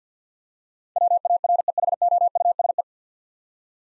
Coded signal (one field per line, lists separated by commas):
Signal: Morse code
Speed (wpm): 50 wpm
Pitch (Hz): 700 Hz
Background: none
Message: WAREHOUSE